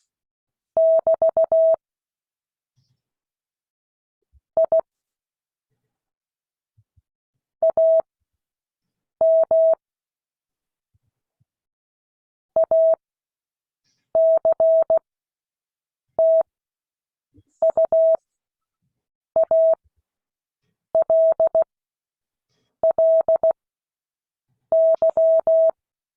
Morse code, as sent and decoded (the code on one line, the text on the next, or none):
-...- / .. / .- -- / .- -.-. - ..- .- .-.. .-.. -.--
<BT> I AM ACTUALLY